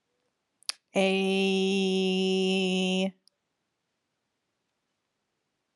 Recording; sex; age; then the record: vowel held as long as possible; female; 20 to 29 years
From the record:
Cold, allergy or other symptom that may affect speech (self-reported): yes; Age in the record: 28 years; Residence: California, United States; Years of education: 13